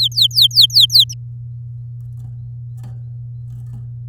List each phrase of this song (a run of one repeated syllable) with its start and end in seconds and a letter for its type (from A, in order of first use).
0.00-1.14 A